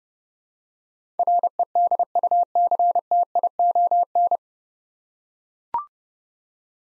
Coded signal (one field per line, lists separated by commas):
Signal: Morse code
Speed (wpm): 30 wpm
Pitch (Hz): 700 Hz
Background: none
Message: REDUCTION